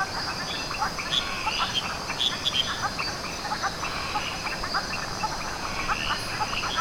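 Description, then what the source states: Frog chorus: many overlapping short clicks and chirps calling at once, with a steady high whine running throughout. Frog chorus at Canopy Lodge on 12 July 2010.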